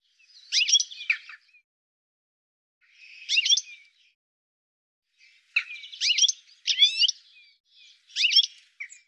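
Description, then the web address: Bird calls in short chirpy bursts, sharp rapid notes clustered in four groups with quiet gaps between them; no other sounds. "cianscape birddata"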